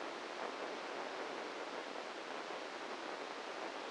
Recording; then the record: brain microelectrode recording played as sound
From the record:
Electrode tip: inside the subthalamic nucleus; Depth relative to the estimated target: -2 mm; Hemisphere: right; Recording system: NeuroSet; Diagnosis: Parkinson's disease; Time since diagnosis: 7 years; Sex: male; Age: 44 years